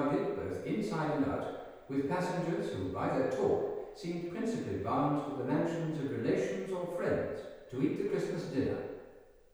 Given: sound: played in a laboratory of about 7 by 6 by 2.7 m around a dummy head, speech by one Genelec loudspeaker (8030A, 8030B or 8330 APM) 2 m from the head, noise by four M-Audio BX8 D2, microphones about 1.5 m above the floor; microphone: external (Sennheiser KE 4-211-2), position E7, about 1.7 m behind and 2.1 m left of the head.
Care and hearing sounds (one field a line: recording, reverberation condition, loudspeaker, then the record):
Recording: male speech in English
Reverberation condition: high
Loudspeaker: 30 degrees to the left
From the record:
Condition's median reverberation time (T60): about 1300 ms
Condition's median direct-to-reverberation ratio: about -4.0 dB